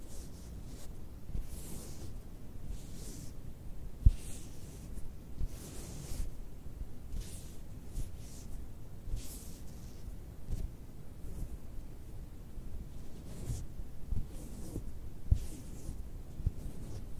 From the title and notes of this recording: ASMR FABRIC SOUNDS, FABRIC SCRATCHING, FABRIC RUBBING, ASMR NO TALKING TRIGGERS WITH TINGLES.